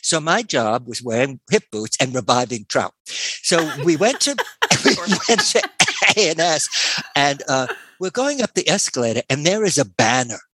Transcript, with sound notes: So my job was wearing pit boots and reviving trout. (laughter) So we went to A&S and we're going up the escalator and there is a banner